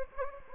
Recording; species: mosquito wingbeat signal from an infrared sensor; Anopheles gambiae